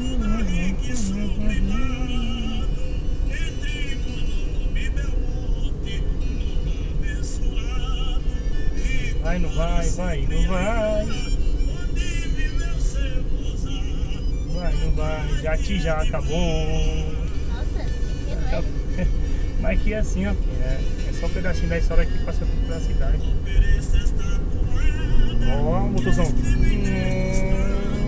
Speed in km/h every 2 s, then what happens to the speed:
56, 56, 57, 58, 56, 54, 51, 51, 53, 56, 59, 62, 69, 77.
0-6 steady at about 56. 6-14 slows to 51. 14-28 speeds up to 77.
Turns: none.